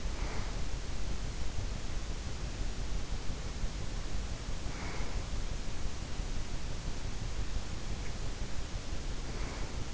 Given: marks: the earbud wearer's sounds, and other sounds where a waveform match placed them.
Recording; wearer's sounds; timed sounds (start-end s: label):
sounds in sleep by an in-ear microphone; breath
0.00-0.61 s: breath
4.72-5.40 s: breath
9.16-9.84 s: breath